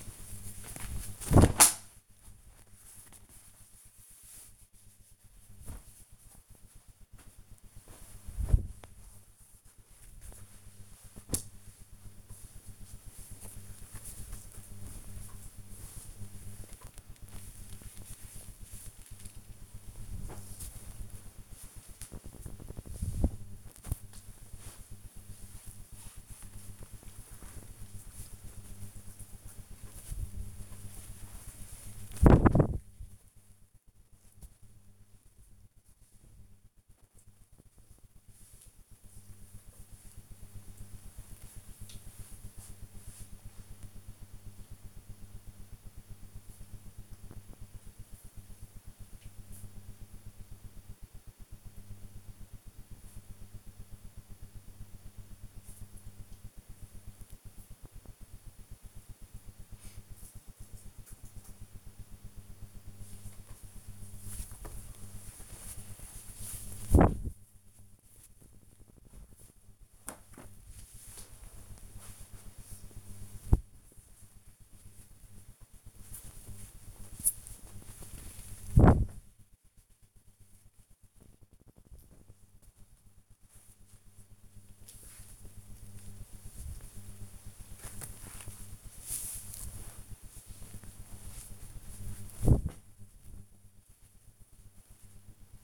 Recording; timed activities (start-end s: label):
household activities, microphone on the right wrist
0.00-11.42 s: folding laundry
16.43-26.47 s: folding laundry
30.49-39.54 s: folding laundry
62.76-88.93 s: folding laundry